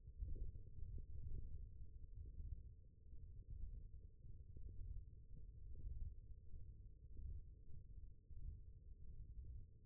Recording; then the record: forearm muscle sounds (acoustic myography)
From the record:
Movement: ulnar deviation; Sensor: system 1, eight BSWA MPA416 microphones around the upper forearm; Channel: 5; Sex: male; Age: 23 years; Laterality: right